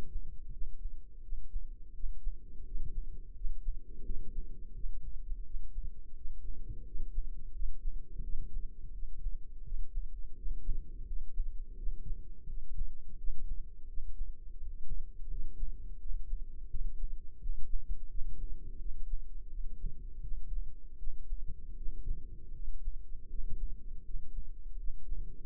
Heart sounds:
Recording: heart sounds by microphone in the left ear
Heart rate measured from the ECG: 84 bpm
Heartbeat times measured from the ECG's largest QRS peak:
0.50 s: heartbeat
1.21 s: heartbeat
1.92 s: heartbeat
2.64 s: heartbeat
3.34 s: heartbeat
4.03 s: heartbeat
4.73 s: heartbeat
5.43 s: heartbeat
6.14 s: heartbeat
6.84 s: heartbeat
7.52 s: heartbeat
8.21 s: heartbeat
8.91 s: heartbeat
9.62 s: heartbeat
10.34 s: heartbeat
11.05 s: heartbeat
11.75 s: heartbeat
12.46 s: heartbeat
13.16 s: heartbeat
13.86 s: heartbeat
14.57 s: heartbeat
15.28 s: heartbeat
15.98 s: heartbeat
16.68 s: heartbeat
17.38 s: heartbeat
18.08 s: heartbeat
18.78 s: heartbeat
19.48 s: heartbeat
20.20 s: heartbeat
20.96 s: heartbeat
21.75 s: heartbeat
22.52 s: heartbeat
23.27 s: heartbeat
24.03 s: heartbeat
24.76 s: heartbeat
From the record:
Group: healthy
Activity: rest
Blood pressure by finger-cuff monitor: 123/79 mmHg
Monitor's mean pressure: 92 mmHg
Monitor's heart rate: 85 bpm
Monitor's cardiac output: 5.9 L/min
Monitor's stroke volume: 70 mL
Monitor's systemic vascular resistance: 1160 dyn s/cm5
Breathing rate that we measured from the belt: 15 breaths a minute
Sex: female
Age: 43 years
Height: 160 cm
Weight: 90 kg

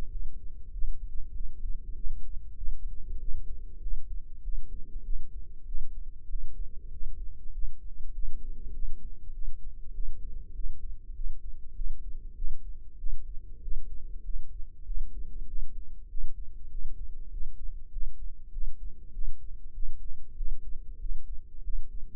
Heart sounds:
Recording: heart sounds by microphone in the left ear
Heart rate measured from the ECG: 98 bpm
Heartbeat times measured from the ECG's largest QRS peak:
0.09 s: heartbeat
0.71 s: heartbeat
1.32 s: heartbeat
1.94 s: heartbeat
2.55 s: heartbeat
3.18 s: heartbeat
3.80 s: heartbeat
4.41 s: heartbeat
5.03 s: heartbeat
5.65 s: heartbeat
6.27 s: heartbeat
6.90 s: heartbeat
7.51 s: heartbeat
8.12 s: heartbeat
8.72 s: heartbeat
9.31 s: heartbeat
9.92 s: heartbeat
10.53 s: heartbeat
11.13 s: heartbeat
11.73 s: heartbeat
12.34 s: heartbeat
12.96 s: heartbeat
13.60 s: heartbeat
14.22 s: heartbeat
14.84 s: heartbeat
15.45 s: heartbeat
16.07 s: heartbeat
16.69 s: heartbeat
17.29 s: heartbeat
17.90 s: heartbeat
18.50 s: heartbeat
19.11 s: heartbeat
19.72 s: heartbeat
20.35 s: heartbeat
20.98 s: heartbeat
21.62 s: heartbeat
From the record:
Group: healthy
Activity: rest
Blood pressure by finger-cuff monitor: 117/68 mmHg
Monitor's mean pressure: 81 mmHg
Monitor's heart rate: 97 bpm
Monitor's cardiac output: 8.5 L/min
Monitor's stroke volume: 87 mL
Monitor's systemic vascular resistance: 700 dyn s/cm5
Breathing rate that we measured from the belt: 18 breaths a minute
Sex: male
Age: 19 years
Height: 178 cm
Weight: 83 kg

